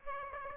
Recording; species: mosquito wingbeat signal from an infrared sensor; Aedes aegypti